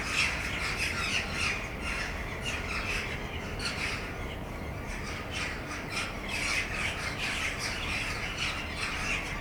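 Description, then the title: Jackdaw flock chattering, brief sharp clipped calls repeated rapidly and overlapping from several birds, steady throughout over low background noise. Jackdaws in a backyard on 20 December 2010. "ｐａｔｚｒ ｒａｄｉｏ ｔｗｏ ｈｕｎｄｒｅｄ ａｎｄ ｅｉｇｈｔ－ｂ - untitled [backyard, jackdaws ]"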